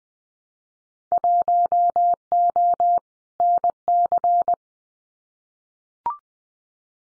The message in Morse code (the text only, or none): 1O NC